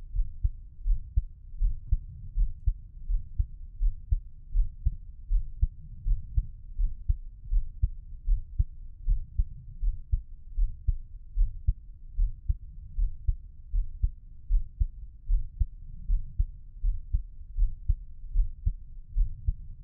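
Steady, deep heart thumps at about 79 beats a minute in a regular rhythm, an ordinary heartbeat.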